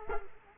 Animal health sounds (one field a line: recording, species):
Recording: mosquito wingbeat signal from an infrared sensor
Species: Culex quinquefasciatus